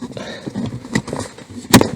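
After the cabin air filter of a Scenic 3 2.2 dCi is cleaned or replaced, the plastic access hatch is pressed back into the car's filter housing. Its clip snaps shut with sharp clicks at 1.0 s and 1.7 s, and the hatch is seated.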